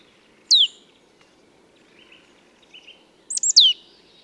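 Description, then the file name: Marsh tit with a single sharp descending note, then a rapid run of three down-slurred notes, and faint short chirps in between. "Poecile palustris"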